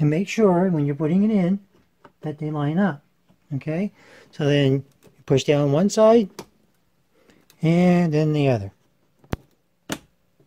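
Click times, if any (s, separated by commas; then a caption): 9.3 s, 9.9 s. A memory module (RAM stick) is lined up with the notch in a motherboard DIMM slot and pressed down on one side, then the other, while someone talks. The plastic retention clips snap shut with sharp clicks at 9.3 s and 9.9 s, and the module is seated.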